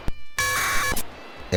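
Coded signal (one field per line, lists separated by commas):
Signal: packet radio (AX.25, as in APRS)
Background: speech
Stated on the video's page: APRS packet sent through a homemade radio interface costing under 3 euros, with PTT driven by a software driver, during lab tests.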